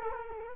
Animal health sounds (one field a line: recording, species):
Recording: mosquito wingbeat signal from an infrared sensor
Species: Culex quinquefasciatus